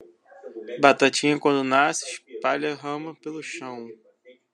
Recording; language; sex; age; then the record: short text; Brazilian Portuguese; male; 20 to 29 years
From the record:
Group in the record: control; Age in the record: 22 years